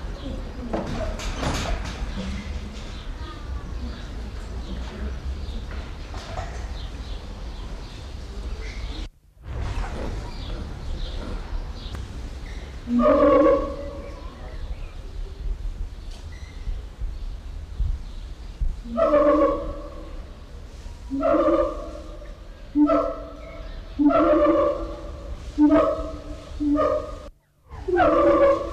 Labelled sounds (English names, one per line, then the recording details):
Siamang call
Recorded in captivity
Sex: male
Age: juvenile
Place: Zoo Berlin, Berlin, DE
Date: 1994-06-11
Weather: heiter, 12-17°C
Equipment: Marantz CP 430, Sennheiser ME 80, Kopie Uher Variocord 263
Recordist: Tembrock, Günter